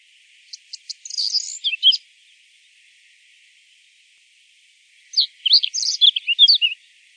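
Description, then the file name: Common reed bunting song: two short phrases, the first opening with a few separate ticks, each with a rapid twittering jingle, several seconds apart. "Zigolo di palude"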